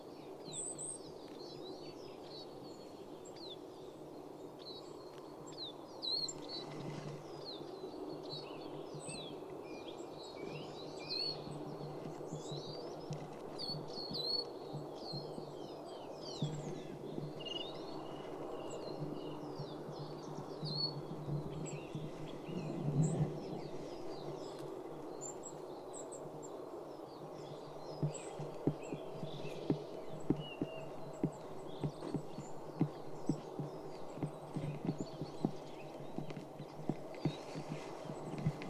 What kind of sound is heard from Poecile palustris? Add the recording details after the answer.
call. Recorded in the wild. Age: adult. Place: Schönow, Naturpark Barnim, Brandenburg, DE. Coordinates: 52.6906, 13.5392. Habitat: forest. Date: 2005-03-28. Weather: fair, ca. 0°C, moderate winds. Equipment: Tascam DA-P1, Telinga Pro 5. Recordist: Frommolt, Karl-Heinz